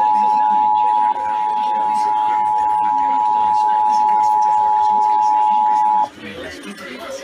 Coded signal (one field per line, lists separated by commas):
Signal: Emergency Alert System (SAME) tones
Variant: 853 and 960 Hz attention tone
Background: speech